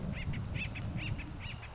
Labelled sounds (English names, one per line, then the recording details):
Acorn Woodpecker
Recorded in Sonoma County, California